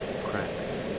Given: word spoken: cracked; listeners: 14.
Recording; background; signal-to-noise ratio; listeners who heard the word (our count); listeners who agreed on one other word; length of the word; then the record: one English word in noise, from a listening test; speech-shaped noise; -4.9 dB; 0 of 14; 13 of 14; 0.59 s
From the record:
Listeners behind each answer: 13, 1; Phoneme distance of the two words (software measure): 7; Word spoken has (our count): 1 syllable, 5 phonemes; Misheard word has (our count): 1 syllable, 4 phonemes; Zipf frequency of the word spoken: 4.00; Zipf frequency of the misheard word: 4.53